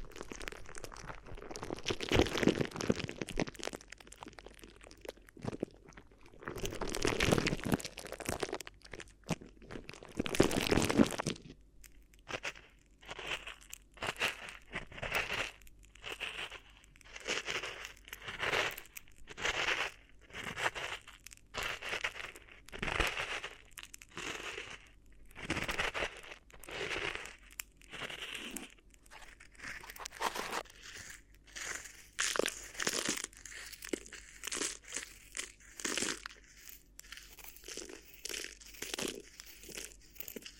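Crinkly material is rustled and crumpled in steady bursts, heavy and thick for the first ten seconds, then broken into short, regular crackling strokes about once a second. The sound is bright and papery, with soft pauses between strokes and a faint low hum underneath.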